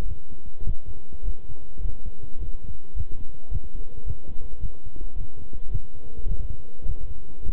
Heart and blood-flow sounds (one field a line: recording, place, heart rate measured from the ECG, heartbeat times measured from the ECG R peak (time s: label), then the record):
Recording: heart sounds by stethoscope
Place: between the tricuspid and mitral areas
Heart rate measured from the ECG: 106 bpm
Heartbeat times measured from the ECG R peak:
0.06 s: heartbeat
0.64 s: heartbeat
1.23 s: heartbeat
1.81 s: heartbeat
2.38 s: heartbeat
2.95 s: heartbeat
3.50 s: heartbeat
4.05 s: heartbeat
4.60 s: heartbeat
5.15 s: heartbeat
5.70 s: heartbeat
6.27 s: heartbeat
6.85 s: heartbeat
7.43 s: heartbeat
From the record:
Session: walking at 3.7 km/h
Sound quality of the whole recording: good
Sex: male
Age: 26 years